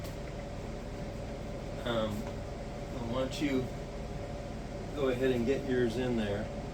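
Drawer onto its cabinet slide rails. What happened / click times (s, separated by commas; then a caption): Handled, not yet home: no latch click from the drawer slides / none. A soft-close drawer is handled in front of its cabinet slide rails while someone talks over a steady low background hum. The drawer has not latched onto the slides yet, and nothing has seated or clicked in this clip.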